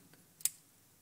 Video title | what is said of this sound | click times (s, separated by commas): Transformers Prime First Edition Starscream Video Review! | And it will snap into place, and that's how you get his body going. | 0.4 s